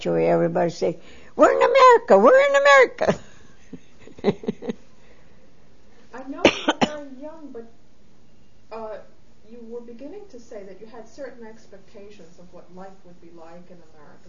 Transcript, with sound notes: Everybody say, "We're in America. We're in a." ( she laughs )
I know you were very young, but, uh, you were beginning to say that you had certain expectations of what life would be like in America.